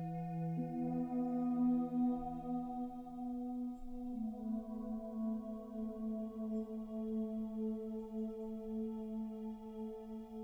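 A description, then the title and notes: A Tibetan singing bowl rings with a warm, sustained hum and a stack of clear overtones above it. The tone holds steady, with a soft pulsing beat, and around the fourth second the pitch shifts slightly lower as the ringing carries on evenly to the end. A very simple calming soundscape for meditation using a Tibetan singing bowl.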